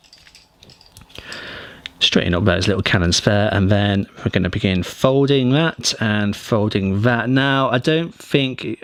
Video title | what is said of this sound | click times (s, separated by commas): Transformers Studio Series ROTF Megatron Review | in until they just click into place like | 1.9 s